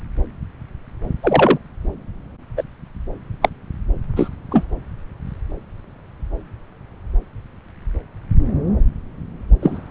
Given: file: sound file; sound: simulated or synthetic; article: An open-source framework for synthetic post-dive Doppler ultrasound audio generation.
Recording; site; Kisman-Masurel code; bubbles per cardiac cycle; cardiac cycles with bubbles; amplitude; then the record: Doppler ultrasound audio after a dive; subclavian; 123; 1–2; 10–50%; loud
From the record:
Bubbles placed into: full cardiac cycles